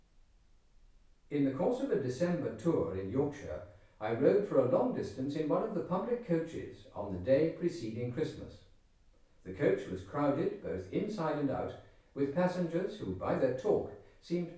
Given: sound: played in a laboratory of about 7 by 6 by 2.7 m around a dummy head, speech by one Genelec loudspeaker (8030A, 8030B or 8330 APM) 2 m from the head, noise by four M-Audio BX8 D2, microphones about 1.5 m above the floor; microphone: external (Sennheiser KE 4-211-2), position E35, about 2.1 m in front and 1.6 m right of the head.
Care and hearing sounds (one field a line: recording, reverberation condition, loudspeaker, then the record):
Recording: male speech in English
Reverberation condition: medium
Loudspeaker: 120 degrees to the right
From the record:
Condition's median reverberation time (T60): about 510 ms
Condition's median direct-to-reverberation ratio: about -0.5 dB